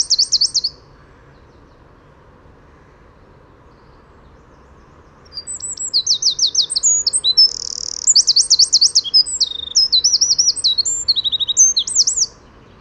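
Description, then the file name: Eurasian wren singing a short high trill, then several quiet seconds before a long, loud burst of fast trills, buzzy rattles and sharp notes. "Troglodytes troglodytes"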